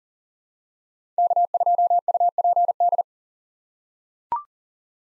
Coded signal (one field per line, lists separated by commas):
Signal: Morse code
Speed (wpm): 40 wpm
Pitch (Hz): 700 Hz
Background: none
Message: K2UPD